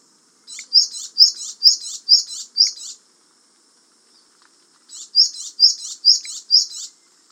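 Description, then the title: Japanese tit calling: two bursts of several sharp, high double chirps in quick succession, separated by a pause of about two seconds, with a quiet background. "suara burung gelatik batu jepang"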